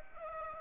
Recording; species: mosquito wingbeat signal from an infrared sensor; Aedes aegypti